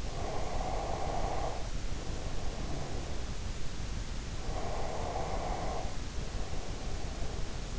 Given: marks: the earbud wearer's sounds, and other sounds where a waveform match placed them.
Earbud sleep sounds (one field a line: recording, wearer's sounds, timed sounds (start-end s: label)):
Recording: sounds in sleep by an in-ear microphone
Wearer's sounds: breath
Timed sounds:
0.00-3.10 s: breath
4.19-7.69 s: breath